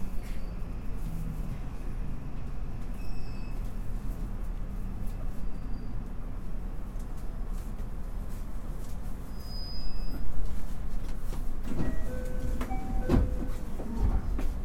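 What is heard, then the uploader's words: Running sound of a JR West 323 series train on the Osaka Loop Line, a steady low rumble filling the whole clip. Faint voices come through early, and from about eleven seconds sharp clicks, rattles and brief squealing tones break in over the louder rumble. JR西日本 323系 環状線外回り 大阪から鶴橋まで. JR西日本 323系電車の走行音です。 大阪環状線外回りの普通列車で録音しました。 Running sound of JR West Japan 323 series train.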